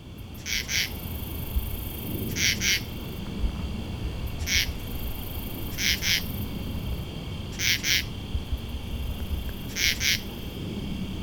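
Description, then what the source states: Common True Katydid song: raspy pulses, mostly doubled, repeated roughly every two seconds, steady throughout, over a low night hum. Night recording, made mostly in southern Ontario, Canada, some in Allegheny National Forest, Pennsylvania, USA.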